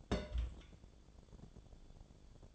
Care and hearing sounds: daily activity, microphone in the room; place on stove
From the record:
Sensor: 5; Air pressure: 1000.0 hPa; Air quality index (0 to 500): 90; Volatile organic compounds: 1 ppm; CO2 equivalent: 741 ppm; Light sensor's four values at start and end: 380/900/390/439 and 382/905/392/442

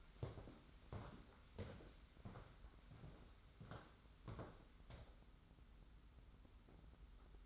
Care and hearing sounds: daily activity, microphone in the room; walk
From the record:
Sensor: 3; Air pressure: 991.6 hPa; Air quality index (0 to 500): 181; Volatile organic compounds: 1000 ppm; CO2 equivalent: 6043 ppm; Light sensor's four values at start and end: 38/109/44/39 and 38/110/44/39

